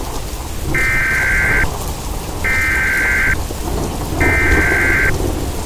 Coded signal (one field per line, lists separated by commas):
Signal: Emergency Alert System (SAME) tones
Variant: header bursts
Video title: EAS Scenario: The Great Fire (part 1)